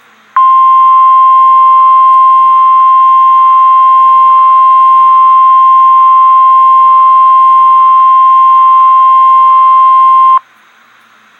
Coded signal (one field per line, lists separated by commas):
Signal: Emergency Alert System (SAME) tones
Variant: 1050 Hz attention tone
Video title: REAL EAS 867-Severe thunderstorm warning